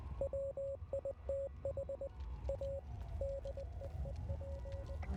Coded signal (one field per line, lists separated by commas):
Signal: Morse code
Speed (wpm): 20 wpm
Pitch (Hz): 550 Hz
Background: none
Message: WITH A DEEP